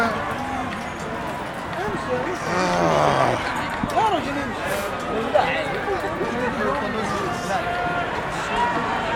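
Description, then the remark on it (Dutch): Hurried hoofbeats of police horses clatter on the sidewalk as they run back and forth to chase people away, beneath a dense crowd babble with raised voices rising and falling, at a banned Palestine demonstration on the Dam. “Ze zijn nou heen en weer aan het rennen over de stoep met die paarden om gewoon mensen weg te jagen.”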